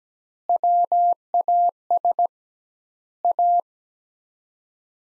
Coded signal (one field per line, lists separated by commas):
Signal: Morse code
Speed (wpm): 17 wpm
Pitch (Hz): 700 Hz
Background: none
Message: WAS A